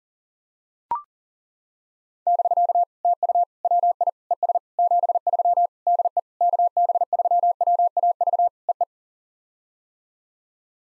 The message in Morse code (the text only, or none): <BK> TU WI ES 73 DE KB3WAV EE